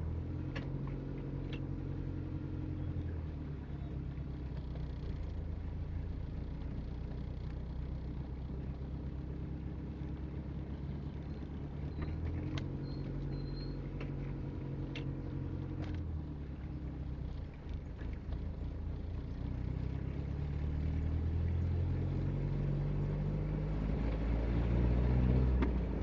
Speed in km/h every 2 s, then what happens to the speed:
9, 12, 13, 15, 15, 10, 10, 9, 13, 18, 22, 28, 28.
0-7 speeds up to 15. 7-14 steady at about 10. 14-22 speeds up to 28.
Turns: none.